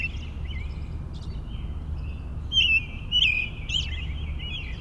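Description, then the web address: Birds: bird chorus, scattered thin chirps and short twittering phrases, louder near the middle, set against a constant low hum of background noise. Morning bird chorus in a suburban park. "boom library Urban and Suburban. Suburban park morning bird chorus"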